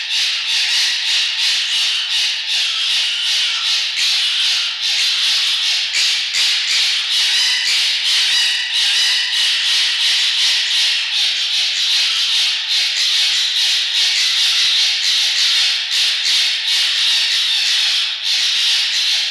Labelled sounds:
Red Fox

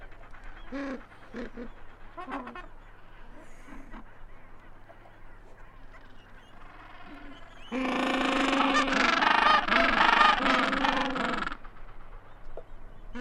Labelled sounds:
Gentoo Penguin call

